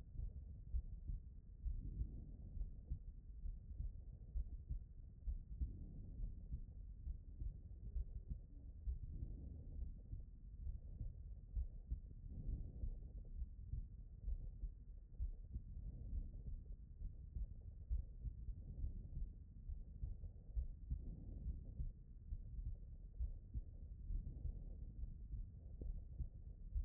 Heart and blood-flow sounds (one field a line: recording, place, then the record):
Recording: heart sounds by stethoscope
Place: pulmonary valve (PV)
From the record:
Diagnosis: non-HFrEF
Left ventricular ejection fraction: 71%